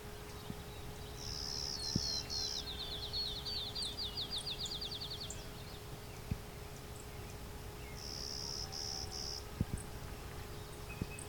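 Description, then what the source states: Clay-colored Sparrow song of a few flat buzzes, given twice, as a different bird delivers a quick trill of slurred notes; steady hum and occasional clicks underneath. Late June morning along a hydro corridor near Westover, Ontario, in open thicket habitat mixing open field and shrubs.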